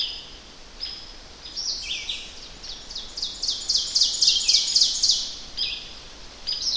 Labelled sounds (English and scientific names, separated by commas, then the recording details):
Ovenbird (Seiurus aurocapilla) song
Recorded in boreal forest in Alberta, Canada, on 10 June 2016 at 07:02
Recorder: SongMeter 3, array SBT-3-39
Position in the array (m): 231 m, 96 m
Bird 17